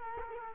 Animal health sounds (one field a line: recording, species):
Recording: mosquito wingbeat signal from an infrared sensor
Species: Culex quinquefasciatus